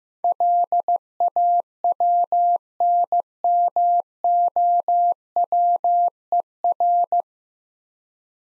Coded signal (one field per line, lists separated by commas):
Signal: Morse code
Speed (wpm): 16 wpm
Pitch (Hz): 700 Hz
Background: none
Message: LAWNMOWER